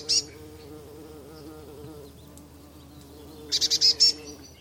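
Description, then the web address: Eurasian blue tit with a single short high note, then after a pause a fast burst of five buzzy high notes; low hum throughout. "Deverinetal Bird Only Cy Ca"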